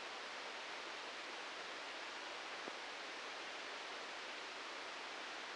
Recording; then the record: brain microelectrode recording played as sound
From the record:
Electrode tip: outside the subthalamic nucleus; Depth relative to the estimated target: 2 mm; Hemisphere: right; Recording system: NeuroSet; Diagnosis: Parkinson's disease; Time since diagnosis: 13 years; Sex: male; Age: 63 years